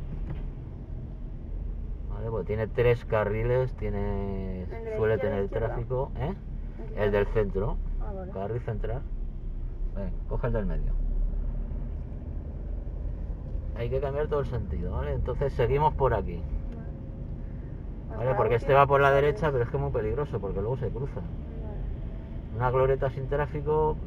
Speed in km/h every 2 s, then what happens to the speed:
34, 25, 21, 20, 18, 16, 15, 22, 25, 24, 24, 27.
0-11 slows to 15. 11-16 speeds up to 25. 16-24 steady at about 24.